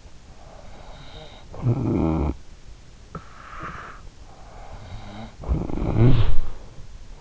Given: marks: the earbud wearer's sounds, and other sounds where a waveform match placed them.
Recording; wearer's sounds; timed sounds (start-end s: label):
sounds in sleep by an in-ear microphone; snoring breath, breath, body movement
0.72-3.13 s: snoring breath
2.90-4.38 s: breath
4.61-7.07 s: snoring breath
5.70-7.07 s: body movement